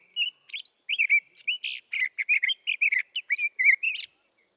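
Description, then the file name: Sage thrasher song: a fast, continuous jumble of warbled, slurred notes and short chirps, with only brief gaps, for about four seconds. "Sage Thrasher Oreoscoptes montanus"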